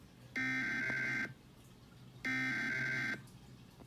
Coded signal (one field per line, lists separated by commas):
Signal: Emergency Alert System (SAME) tones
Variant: header bursts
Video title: Los Angeles Required Monthly Test (EAS #333-382) 7/27/21